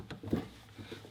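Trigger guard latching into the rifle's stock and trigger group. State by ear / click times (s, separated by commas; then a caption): not seated / none. During reassembly of an M1A rifle, the open trigger guard is handled and pushed down toward the stock and trigger group, giving soft taps and low thumps with a brief transient near 0.1 s and the loudest bump around 0.3 s. Nothing has seated or clicked yet; the trigger guard is not yet locked closed.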